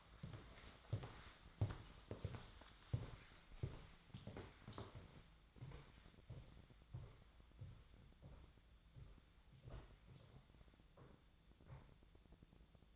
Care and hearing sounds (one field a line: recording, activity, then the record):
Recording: daily activity, microphone in the room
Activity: walk to room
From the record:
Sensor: 3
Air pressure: 1010.1 hPa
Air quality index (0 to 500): 182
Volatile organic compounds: 12 ppm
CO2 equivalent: 2374 ppm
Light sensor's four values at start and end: 43/106/46/49 and 44/108/47/51